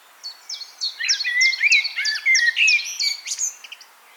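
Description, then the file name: Common blackbird calls: a fast, busy run of sharp chirping notes with bright overtones, packed closely together for about three seconds before fading out. "Turdus merula"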